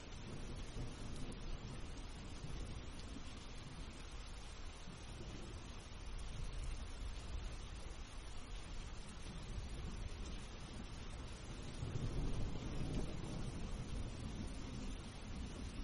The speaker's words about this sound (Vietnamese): Khe núi tuy sâu nhưng cũng không ngăn nổi những cơn gió giận dữ. Từng trận cuồng phong không ngớt thổi dọc theo những khe hẹp, càng lúc càng lạnh.